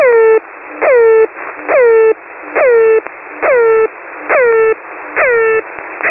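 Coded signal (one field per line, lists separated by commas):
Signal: channel marker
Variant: The Air Horn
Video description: Characteristics: Air horn like sound, 24/7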